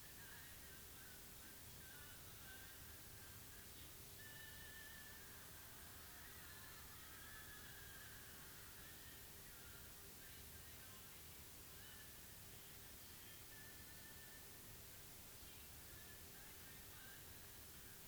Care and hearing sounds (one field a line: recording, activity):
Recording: daily activity, guitar pickup as the sensor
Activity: browse video